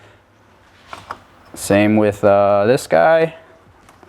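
A second aftermarket cap cover is handled over a reservoir cap in the engine bay of a Toyota Supra, with a couple of brief handling knocks around 0.9 s and 1.1 s while someone talks. Nothing has seated or clicked yet.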